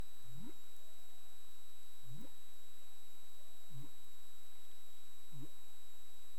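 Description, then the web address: Humpback whale calls, four low rising whoops with faint higher tonal sweeps between, over underwater hiss and steady electrical tones. Recorded 20 March 2035 at 15:53:57 UTC. "CARIMAM. humpback whale"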